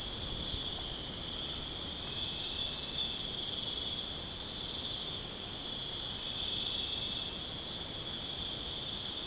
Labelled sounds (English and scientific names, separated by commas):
none